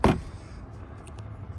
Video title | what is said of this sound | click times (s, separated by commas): 2022 Toyota Corolla Cabin Air Filter Replacement | Snap that back on there, and you're all done. | 0.0 s